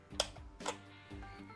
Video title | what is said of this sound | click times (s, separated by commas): Star Wars Episode 1 The Phantom Menace Naboo Royal Starship | line it up, the notches up with the hole, push till you hear click, | 0.2 s